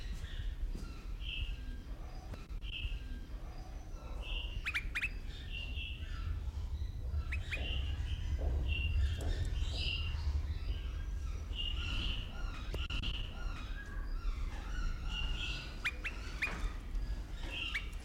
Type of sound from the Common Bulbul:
call